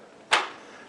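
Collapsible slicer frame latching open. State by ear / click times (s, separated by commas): seated / 0.3 s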